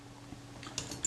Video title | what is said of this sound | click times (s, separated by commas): Kodak Retina Ia service part 04 | until I'll hear it click in to position it means it's picked up the | 0.8 s, 1.0 s